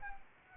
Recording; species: mosquito wingbeat signal from an infrared sensor; Anopheles arabiensis